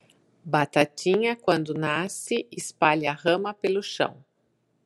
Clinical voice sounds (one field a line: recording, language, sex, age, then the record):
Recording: short text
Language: Brazilian Portuguese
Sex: female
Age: 40 to 49 years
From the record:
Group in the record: control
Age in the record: 48 years